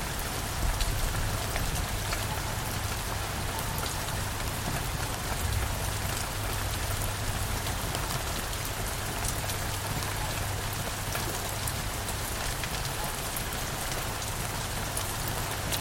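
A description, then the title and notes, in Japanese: Steady night rain patters on leaves and a roof, a dense, even hiss with countless small drops ticking through it. The level barely changes over the whole stretch. A low, constant rumble sits underneath, and a few slightly louder splashes stand out here and there. 葉や屋根の上で踊る雨粒の調和するカスケードに身を浸してください。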